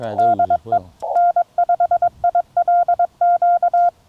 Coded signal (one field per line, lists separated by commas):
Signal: Morse code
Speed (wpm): 21 wpm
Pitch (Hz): 700 Hz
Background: speech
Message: DE N5ILQ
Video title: Spooltenna EFHW First Test—Wind, DX, 100 QSOs (POTA)